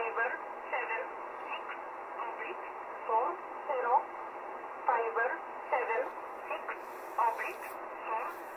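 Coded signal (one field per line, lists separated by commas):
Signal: numbers station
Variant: E11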